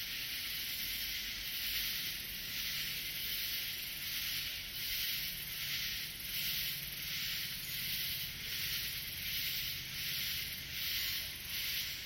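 Katydid calling: steady high, hissing buzz that swells and fades in regular pulses.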